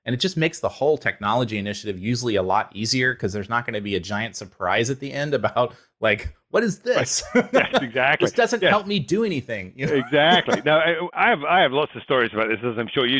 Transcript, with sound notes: And it just makes the whole technology initiative usually a lot easier because there’s not going to be a giant surprise at the end about like, “What is this?” [laugh]
Yes, exactly. Yes.
This doesn’t help me do anything. You know? [laugh]
Exactly. No, I have lots of stories about this, as I’m sure you do.